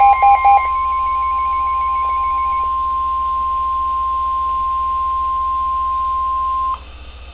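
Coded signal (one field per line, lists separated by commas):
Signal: Emergency Alert System (SAME) tones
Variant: 1050 Hz attention tone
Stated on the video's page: Real NOAA flood warning.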